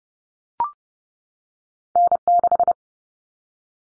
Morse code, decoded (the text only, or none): N6